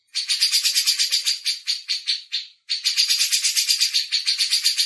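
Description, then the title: Grey-cheeked bulbul with steady buzzy chatter of quick pulses, pausing once briefly before resuming. Masteran tutor used as training audio. "MASTERAN CUCAK JENGGOT"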